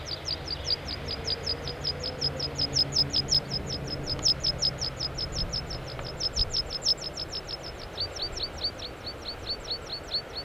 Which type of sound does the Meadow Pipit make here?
song